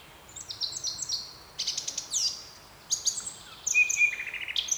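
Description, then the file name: Eurasian blackcap song: chattering warbled phrases broken by short pauses, then clear whistled notes and a loud fluting burst. "Sylvia atricapilla"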